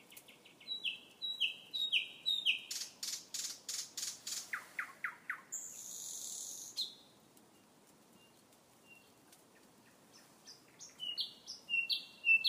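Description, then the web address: Common nightingale song: repeated whistled notes and fast clicking trills, a brief buzzy phrase, a quiet pause, then high whistled notes returning. Recorded at Star City. "rossignol chant de rossignol a star city"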